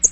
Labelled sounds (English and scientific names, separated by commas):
American Redstart (Setophaga ruticilla) flight call